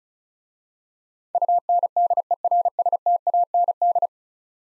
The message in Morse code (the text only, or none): UNDERSTAND